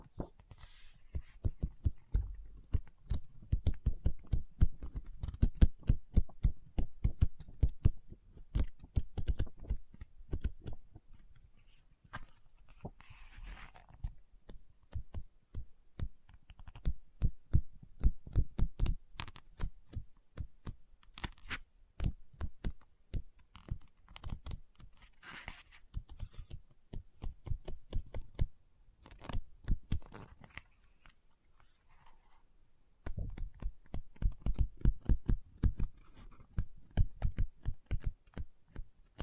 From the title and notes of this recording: ASMR Book Tapping, Scratching, Page Turning(No Talking).